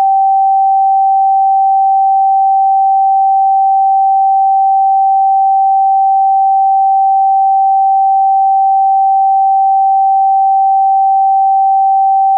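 A pure 777 Hz tone sounds without change for about twelve seconds. It is a single clean, mid-pitched whistle at constant loudness, with no wavering, breaks or background noise, stopping abruptly at the end.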